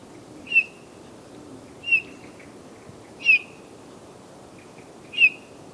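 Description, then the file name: Eurasian bullfinch calls: mellow, fluted single whistles, four, spaced irregularly about one to two seconds apart. "Pyrrhula pyrrhula"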